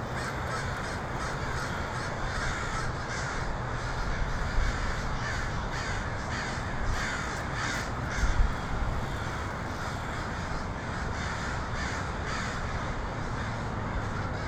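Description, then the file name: Many crows caw together, rough calls layered and repeating throughout, with a constant low rumble of background noise underneath. Crows recorded in Portland on 2018-10-23. "pdx crows 2018-10-23"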